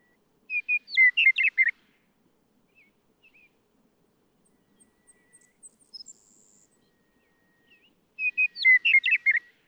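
Western meadowlark repeats its song twice, about seven seconds apart: clear whistles breaking into a fast gurgling phrase, with scattered faint chirps between.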